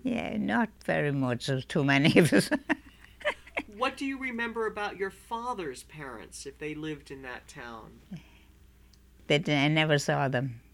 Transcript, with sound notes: Yeah. Not very much. There was too many of us. ( she laughs )
What do you remember about your father's parents, if they lived in that town?
They didn't, I never saw them.